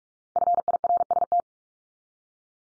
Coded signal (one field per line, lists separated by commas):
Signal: Morse code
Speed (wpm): 44 wpm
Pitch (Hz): 700 Hz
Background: none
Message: FIRST